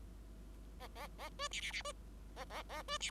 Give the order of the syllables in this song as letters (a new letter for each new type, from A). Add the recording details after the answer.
A A A B C C C B A A A B C. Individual Bird5